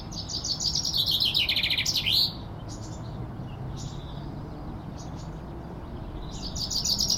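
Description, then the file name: Common chaffinch song: one brisk phrase of rapid high notes dropping in steps to a short terminal flourish, then a quiet pause before another phrase begins at the end. "Fringilla coelebs"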